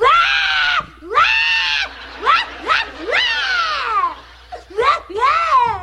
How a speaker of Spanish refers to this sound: ¿Pero por qué estás llorando, mija? Es que se acabaron las vacaciones. ¿Y por eso estás llorando, mija?